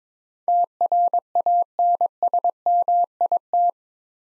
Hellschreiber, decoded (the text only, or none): none